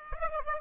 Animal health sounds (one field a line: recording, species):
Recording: mosquito wingbeat signal from an infrared sensor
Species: Aedes aegypti